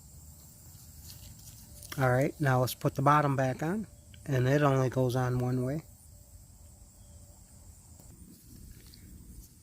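Someone talks while putting the bottom cover back onto a part of a Yard Machines push mower with a 6.75 Briggs and Stratton Powermore engine; the cover fits on only one way. After the talking stops, a sharp click at 8.9 s marks the bottom cover popping into place and seating.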